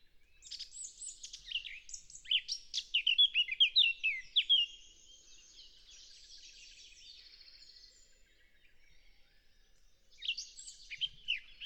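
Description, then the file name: Eurasian blackcap delivering a lively warbled phrase ending in clear whistles, a pause of several seconds, then another phrase beginning. "Sylvia atricapilla"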